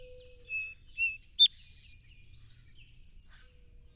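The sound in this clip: Song sparrow song opening with whistled high and low notes, then a long rasping buzz and a quickening trill of about eight bright repeated notes.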